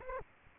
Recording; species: mosquito wingbeat signal from an infrared sensor; Aedes aegypti